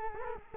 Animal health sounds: mosquito wingbeat signal from an infrared sensor; Culex quinquefasciatus

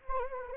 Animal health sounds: mosquito wingbeat signal from an infrared sensor; Anopheles gambiae

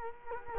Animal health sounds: mosquito wingbeat signal from an infrared sensor; Culex quinquefasciatus

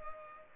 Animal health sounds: mosquito wingbeat signal from an infrared sensor; Culex pipiens

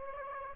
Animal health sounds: mosquito wingbeat signal from an infrared sensor; Aedes aegypti

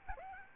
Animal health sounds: mosquito wingbeat signal from an infrared sensor; Aedes albopictus

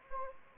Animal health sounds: mosquito wingbeat signal from an infrared sensor; Anopheles gambiae

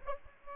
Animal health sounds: mosquito wingbeat signal from an infrared sensor; Aedes albopictus

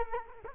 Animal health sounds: mosquito wingbeat signal from an infrared sensor; Culex quinquefasciatus

